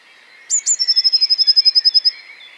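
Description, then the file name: Eurasian Blue Tit song phrase: two sharp high notes, then a long even trill of many rapid pulses. "Cyanistes caeruleus"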